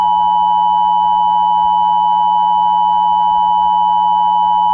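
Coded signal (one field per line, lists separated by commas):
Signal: Emergency Alert System (SAME) tones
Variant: 853 and 960 Hz attention tone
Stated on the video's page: Recreation of the 2023 National Periodic Test, possibly with valid alert tones.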